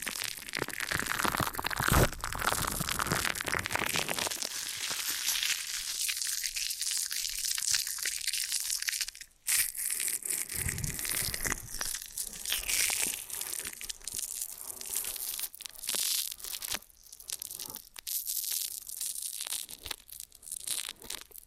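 Ear and scalp massage gives dense, continuous crinkling and rustling scrapes, bright and busy throughout, with a brief dip near nine seconds.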